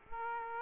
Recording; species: mosquito wingbeat signal from an infrared sensor; Aedes aegypti